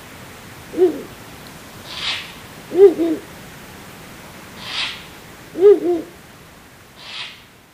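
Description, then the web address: Ural owl giving low hoots, a single note then two double notes, with brief hissing bursts between them. Recorded at Sukagawa on 9 April 2021. "koe fukuro 210409 sukagawa abes"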